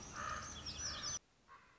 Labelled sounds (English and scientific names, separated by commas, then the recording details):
Common Raven (Corvus corax)
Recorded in Sonoma County, California